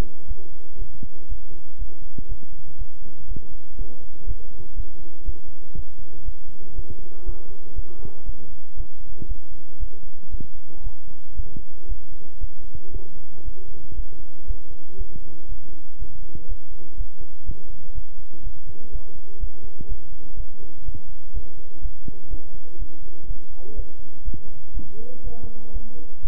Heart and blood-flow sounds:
heart sounds by stethoscope; between the tricuspid and mitral areas; 120 bpm
0.26 s: heartbeat
0.77 s: heartbeat
1.27 s: heartbeat
1.77 s: heartbeat
2.27 s: heartbeat
2.77 s: heartbeat
3.26 s: heartbeat
3.76 s: heartbeat
4.25 s: heartbeat
4.74 s: heartbeat
5.24 s: heartbeat
5.74 s: heartbeat
6.23 s: heartbeat
6.74 s: heartbeat
7.24 s: heartbeat
7.74 s: heartbeat
8.24 s: heartbeat
8.75 s: heartbeat
9.26 s: heartbeat
9.78 s: heartbeat
10.30 s: heartbeat
10.82 s: heartbeat
11.35 s: heartbeat
11.87 s: heartbeat
12.39 s: heartbeat
12.91 s: heartbeat
13.43 s: heartbeat
13.94 s: heartbeat
14.45 s: heartbeat
14.96 s: heartbeat
15.47 s: heartbeat
15.97 s: heartbeat
16.46 s: heartbeat
16.96 s: heartbeat
17.44 s: heartbeat
17.93 s: heartbeat
18.42 s: heartbeat
18.90 s: heartbeat
19.39 s: heartbeat
19.87 s: heartbeat
20.35 s: heartbeat
20.83 s: heartbeat
21.32 s: heartbeat
21.80 s: heartbeat
22.29 s: heartbeat
22.77 s: heartbeat
23.26 s: heartbeat
23.74 s: heartbeat
24.23 s: heartbeat
24.72 s: heartbeat
25.22 s: heartbeat
25.71 s: heartbeat
26.21 s: heartbeat
From the record:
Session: bicycle stress test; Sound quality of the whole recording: good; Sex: male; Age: 26 years

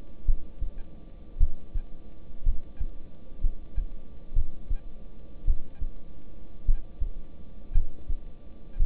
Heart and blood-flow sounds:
heart sounds by stethoscope; between the tricuspid and mitral areas; 56 bpm
0.25 s: heartbeat
1.38 s: heartbeat
2.44 s: heartbeat
3.41 s: heartbeat
4.34 s: heartbeat
5.45 s: heartbeat
6.65 s: heartbeat
7.72 s: heartbeat
8.77 s: heartbeat
From the record:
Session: rest, lying down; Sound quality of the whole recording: good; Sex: male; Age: 26 years

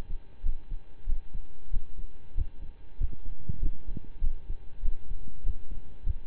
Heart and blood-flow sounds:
heart sounds by stethoscope; between the tricuspid and mitral areas; 96 bpm
0.42 s: heartbeat
1.06 s: heartbeat
1.70 s: heartbeat
2.34 s: heartbeat
2.97 s: heartbeat
3.59 s: heartbeat
4.20 s: heartbeat
4.82 s: heartbeat
5.43 s: heartbeat
6.03 s: heartbeat
From the record:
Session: slow and fast walking with breaks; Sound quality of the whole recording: saturated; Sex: male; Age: 25 years

